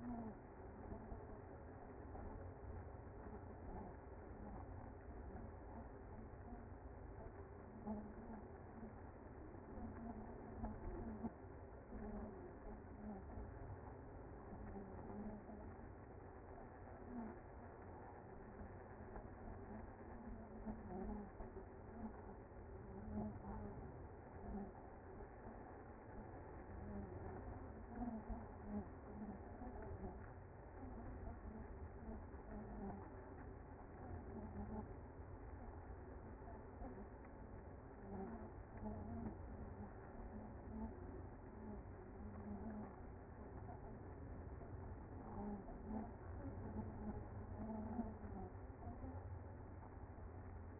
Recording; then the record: honeybee colony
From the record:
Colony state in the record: active